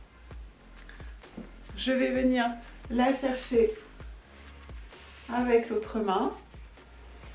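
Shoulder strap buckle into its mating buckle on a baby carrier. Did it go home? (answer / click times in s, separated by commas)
no / none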